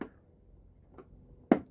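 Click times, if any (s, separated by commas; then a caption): 1.5 s. A self-tapping screw in a Clore Booster Pac plastic jump starter case is turned counterclockwise with a screwdriver during reassembly. Soft ticks come at 0.0 and 1.0 s, then a sharp pop at 1.5 s as the screw drops into the thread already cut in the plastic. The screw is seated in the existing thread and ready to be tightened, so no new thread is cut.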